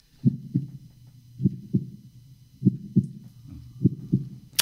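Deep, muffled lub-dub pairs repeat at about 50 beats a minute over a low whooshing background. This is the mother's heartbeat as a baby hears it in the womb, the first thing anyone hears.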